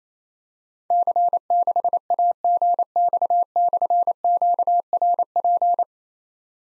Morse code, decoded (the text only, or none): C6AGX/QRP